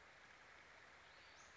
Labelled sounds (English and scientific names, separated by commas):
Western Flycatcher (Empidonax difficilis)